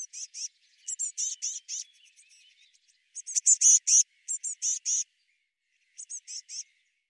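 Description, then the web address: Eurasian blue tit giving high, thin notes in quick bursts of three to five, broken by short pauses. "cianscape birddata Deverinetal 2025 File cleaned normalized Bird Cy Ca"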